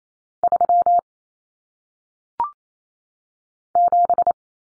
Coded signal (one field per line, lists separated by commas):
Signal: Morse code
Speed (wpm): 28 wpm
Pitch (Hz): 700 Hz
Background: none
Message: 3 7